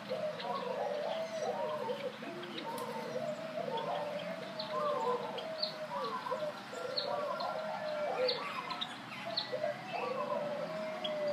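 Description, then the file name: Birds giving soft, low cooing phrases again and again, with a few brief high chirps scattered above and a steady background hiss. "Tweets"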